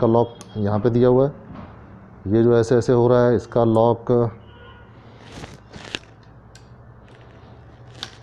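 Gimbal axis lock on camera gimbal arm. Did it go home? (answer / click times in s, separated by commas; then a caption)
yes / 8.0 s. Someone talks for the first four seconds while handling a Zhiyun Crane camera gimbal, then soft handling taps and knocks follow between about 5.4 and 6.6 seconds. The plastic/metal axis lock below the moving gimbal arm is engaged and gives a short, sharp click at 8.0 seconds as it locks into place.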